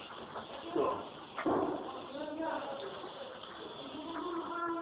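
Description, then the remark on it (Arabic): A door bangs twice in quick succession, two loud, sharp thuds about a second apart, followed by people talking over a low background murmur. “لا ظل استقر الباب”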